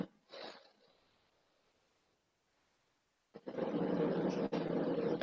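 A brief rough burst, then a long, loud, noisy rasp: a dog snoring as it sleeps lying at someone's feet, worn out, a harmless sound heard in a quiet room.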